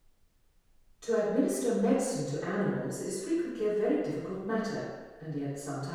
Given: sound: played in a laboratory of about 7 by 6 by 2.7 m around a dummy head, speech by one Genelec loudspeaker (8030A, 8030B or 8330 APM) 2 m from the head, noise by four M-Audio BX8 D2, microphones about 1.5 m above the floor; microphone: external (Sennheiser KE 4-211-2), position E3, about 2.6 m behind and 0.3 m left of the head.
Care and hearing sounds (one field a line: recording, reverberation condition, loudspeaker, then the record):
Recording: female speech in English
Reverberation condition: high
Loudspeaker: in front (0 degrees)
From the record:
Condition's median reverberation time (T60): about 1300 ms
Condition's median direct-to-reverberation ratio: about -4.0 dB